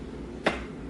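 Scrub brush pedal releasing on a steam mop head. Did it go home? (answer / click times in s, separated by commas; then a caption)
released / 0.5 s. A toe presses the plastic scrub brush pedal on a Bissell PowerFresh Lift-Off Pet Steam Mop head once scrubbing is done, releasing the brush. A single short, sharp click sounds at 0.5 s over a faint steady background hum. The pedal clicks back up and the scrub brush is released.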